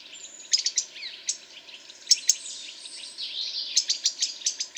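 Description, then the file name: European robin song, a rapid run of high, thin notes with sharp ticks, swift downslurs and a shimmering, sustained warble near the end. "Erithacus rubecula"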